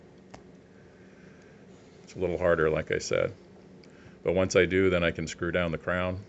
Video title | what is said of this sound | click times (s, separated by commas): Steeldive SD1969 update and modifications #1 | now set the date without the without the crown falling off if i push it in until i hear it click | 0.3 s